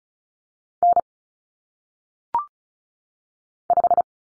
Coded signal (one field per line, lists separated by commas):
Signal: Morse code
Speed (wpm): 36 wpm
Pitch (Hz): 700 Hz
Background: none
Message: N 5